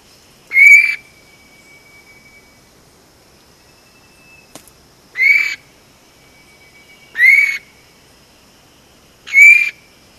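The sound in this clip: Vogelkop bowerbird repeating a loud, rich, upslurred whistle four times, a few seconds apart, against quiet surroundings.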